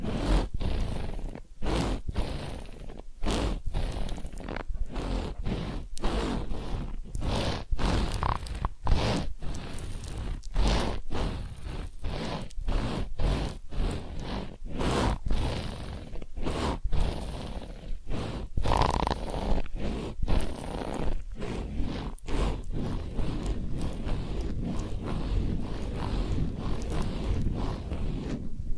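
Massage sounds run through the whole recording: steady rubbing and brushing with soft, dense low texture that rises and falls. Brief crisp swipes recur every second or so, some sharper than others, over a continuous hushed background.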